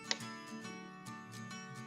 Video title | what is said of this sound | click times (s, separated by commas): ComfyGo X-9 Electric Wheelchair with Automatic Recline: Installation & Assembly Guide | You'll hear a nice click here. | 0.1 s